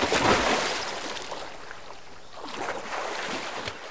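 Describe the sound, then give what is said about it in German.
Water sloshes and splashes in uneven bursts from someone swimming, a burst of churning at the start, then quieter swirling before another run of splashy strokes toward the end. No voices. “Und schwimmen.”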